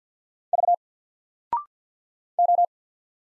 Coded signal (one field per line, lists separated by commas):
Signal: Morse code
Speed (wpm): 47 wpm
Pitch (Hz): 700 Hz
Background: none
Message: V O